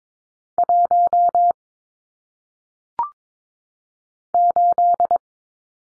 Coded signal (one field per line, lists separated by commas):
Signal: Morse code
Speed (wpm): 22 wpm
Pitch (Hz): 700 Hz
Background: none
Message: 1 8